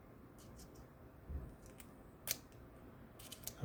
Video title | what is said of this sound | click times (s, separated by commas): Kobalt precision drivers, disappointed. | that's that one's got a nice solid click to it some of them have no click a | 3.5 s